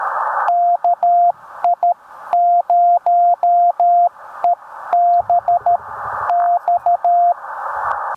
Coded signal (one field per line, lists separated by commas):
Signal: Morse code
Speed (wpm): 13 wpm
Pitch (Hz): 700 Hz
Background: radio noise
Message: KI0EBX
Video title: Camping, Coffee, and a K2: Morning QRP POTA activation at Lake Norman State Park!